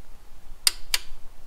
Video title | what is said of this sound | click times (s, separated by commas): The Integra Valve Cover Looks NEW again! (CHEAP & EASY DIY)- 91Teggy Build EP.2 | two clicks 15 pounds check | 0.7 s, 0.9 s